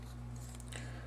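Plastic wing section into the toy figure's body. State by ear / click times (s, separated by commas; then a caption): not seated / none. A plastic wing section of a Transformers ROTF Ransack action figure is handled and rotated up toward the figure's body during transformation, giving a few faint plastic ticks and scrapes over a steady low hum. Nothing has snapped or seated yet.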